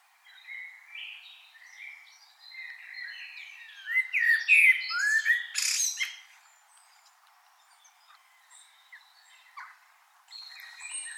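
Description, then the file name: Common blackbird song, a run of mellow fluted whistles rising into scratchy high twitters, then faint scattered notes. "Turdus merula"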